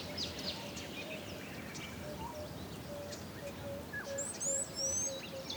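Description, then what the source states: Birds calling in a chorus: soft low notes repeat steadily while bright, very high whistled slurs come near the end, over a continuous background hiss. Birds in calm African bush.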